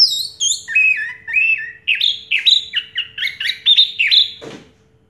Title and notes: Anis Merah Teler Suara Jernih. kumpulan suara anis merah lengkap